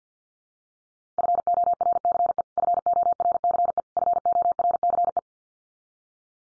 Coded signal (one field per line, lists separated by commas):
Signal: Morse code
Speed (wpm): 50 wpm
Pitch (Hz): 700 Hz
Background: none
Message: FORCE FORCE FORCE